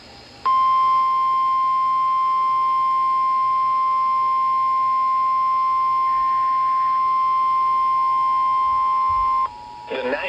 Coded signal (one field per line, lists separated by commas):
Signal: Emergency Alert System (SAME) tones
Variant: 1050 Hz attention tone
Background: speech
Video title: (EAS #359) Severe Thunderstorm Warning for Walworth, Wisconsin